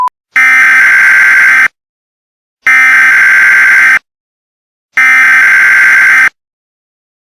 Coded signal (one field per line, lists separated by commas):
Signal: Emergency Alert System (SAME) tones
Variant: header bursts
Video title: EAS Tornado and Thunderstorm PRANK [LOUD NOISE]